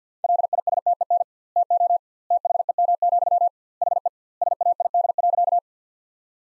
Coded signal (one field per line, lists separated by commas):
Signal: Morse code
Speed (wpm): 50 wpm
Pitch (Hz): 700 Hz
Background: none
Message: LISTEN TO THEM, HE SAID.